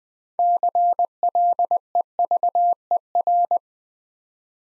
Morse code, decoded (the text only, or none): CLEVER